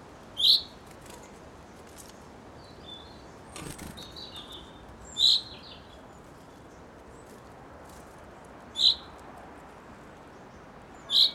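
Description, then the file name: Common chaffinch uttering four abrupt bright call notes with long pauses between, faint twittering of other birds and a brief rustle in the gaps. "Fringilla coelebs"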